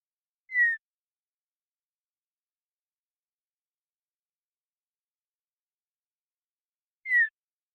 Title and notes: Western Meadowlark, Sturnella neglecta, song, contact calls, and flush, family: Troupials and Allies Pacific Northwest in Washington, United States